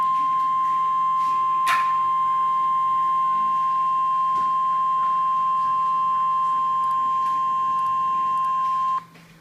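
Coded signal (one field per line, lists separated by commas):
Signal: Emergency Alert System (SAME) tones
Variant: 1050 Hz attention tone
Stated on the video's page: Severe thunderstorm warning from a NOAA Weather Radio station, captured from a live stream.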